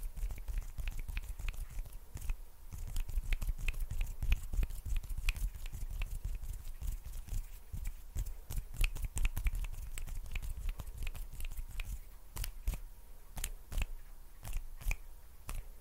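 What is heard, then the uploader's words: Fast, unpredictable sticky hand sounds and finger snaps crackle without pause, sharp clicks and tacky smacks tumbling over one another at an uneven, rapid rate. The densest, brightest snaps come around the middle and near the end. A low rumble runs steadily underneath. STICKY HAND SOUNDS AND FINGER SNAPPING, FAST AND UNPREDICTABLE HAND SOUNDS, NO TALKING.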